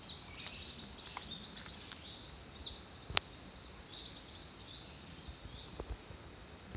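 Small sunbird calling with thin, very high chips and short twittering bursts, repeated in quick clusters throughout over a soft hiss.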